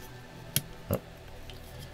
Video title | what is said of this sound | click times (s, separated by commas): Portico68 Black Label (Bombay) Build with Kiwi Tactile switches, IFK Blue on White & sound test | the clip goes into the bigger hole you press until the smaller one snaps into place | 0.6 s